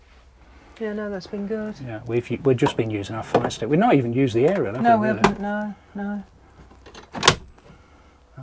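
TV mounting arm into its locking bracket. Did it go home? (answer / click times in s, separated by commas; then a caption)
yes / 7.3 s. People talk while a wall-mounted TV arm in a motorhome is swung back into its travel position. The arm latches into its locking bracket with a sharp click at 7.3 s, and the TV is held in place and does not move.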